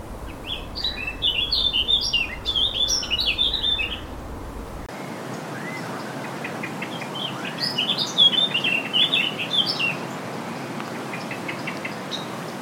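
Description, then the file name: Eurasian blackcap giving two brisk warbled phrases of rapid, chattering notes several seconds apart. "Sylvia atricapilla"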